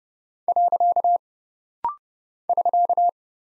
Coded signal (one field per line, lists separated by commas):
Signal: Morse code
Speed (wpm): 30 wpm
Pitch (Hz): 700 Hz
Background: none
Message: . <SK>